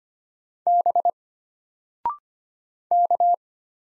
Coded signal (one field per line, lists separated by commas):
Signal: Morse code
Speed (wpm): 25 wpm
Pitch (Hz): 700 Hz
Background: none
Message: B K